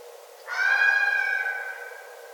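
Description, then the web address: Red fox giving one long, strongly harmonic, whining cry lasting over a second, held at a steady pitch and fading slowly. Recorded on 9 December 2011. "Red Fox 2011 12 09"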